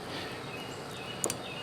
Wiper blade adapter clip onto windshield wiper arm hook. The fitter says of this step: make sure it locks into place